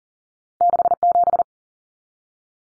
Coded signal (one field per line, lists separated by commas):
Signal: Morse code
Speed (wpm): 40 wpm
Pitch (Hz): 700 Hz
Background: none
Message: 67